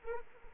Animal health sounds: mosquito wingbeat signal from an infrared sensor; Anopheles arabiensis

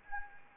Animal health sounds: mosquito wingbeat signal from an infrared sensor; Anopheles gambiae

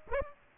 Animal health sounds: mosquito wingbeat signal from an infrared sensor; Aedes aegypti

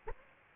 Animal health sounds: mosquito wingbeat signal from an infrared sensor; Aedes aegypti

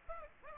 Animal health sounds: mosquito wingbeat signal from an infrared sensor; Aedes aegypti

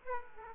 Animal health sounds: mosquito wingbeat signal from an infrared sensor; Aedes aegypti

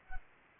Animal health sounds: mosquito wingbeat signal from an infrared sensor; Anopheles arabiensis

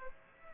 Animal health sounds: mosquito wingbeat signal from an infrared sensor; Aedes aegypti

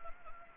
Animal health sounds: mosquito wingbeat signal from an infrared sensor; Anopheles gambiae

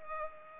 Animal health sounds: mosquito wingbeat signal from an infrared sensor; Culex pipiens

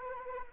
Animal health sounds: mosquito wingbeat signal from an infrared sensor; Anopheles arabiensis

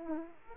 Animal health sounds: mosquito wingbeat signal from an infrared sensor; Aedes aegypti

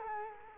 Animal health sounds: mosquito wingbeat signal from an infrared sensor; Culex quinquefasciatus

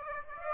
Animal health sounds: mosquito wingbeat signal from an infrared sensor; Aedes aegypti

